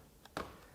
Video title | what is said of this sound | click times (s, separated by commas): LOOK Mom, ONE HAND!! - SKIL 20V Brushless Recip Saw Review [$149 KIT] | let it go, and that's locked into place. | 0.4 s